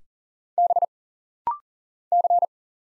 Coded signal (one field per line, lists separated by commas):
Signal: Morse code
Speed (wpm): 40 wpm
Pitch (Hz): 700 Hz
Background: none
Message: B C